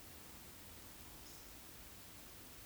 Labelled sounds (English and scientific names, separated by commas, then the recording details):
Eurasian Woodcock (Scolopax rusticola) whistle
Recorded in Baden-Württemberg, Germany, on 16 June 2021 at 20:04 UTC
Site 20675, 466 m above sea level